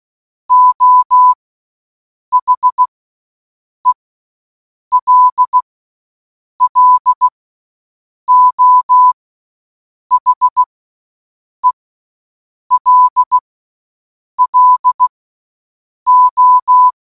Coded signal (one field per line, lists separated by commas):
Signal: Morse code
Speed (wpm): 16 wpm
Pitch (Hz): 1000 Hz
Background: none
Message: O HELLO HELLO